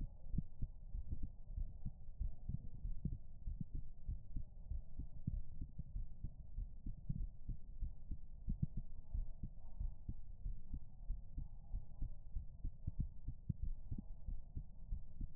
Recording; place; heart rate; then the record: heart sounds by stethoscope; pulmonary valve (PV); 91 bpm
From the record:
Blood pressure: 105/74 mmHg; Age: 27 years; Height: 156 cm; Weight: 62 kg